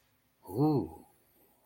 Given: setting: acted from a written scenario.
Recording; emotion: vocal sound without words; desire